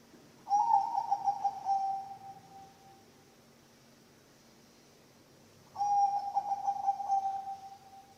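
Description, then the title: Zebra dove song in two phrases, each a fast run of throbbing coos at even pitch, separated by several seconds of quiet. Bangkok-type zebra dove (perkutut) song, used for training other birds (masteran) and as a lure (pancingan). "mster Mnuk. SUARA OCEHAN BURUNG PERKUTUT BANGKOK Untuk MASTERAN dan PANCINGAN"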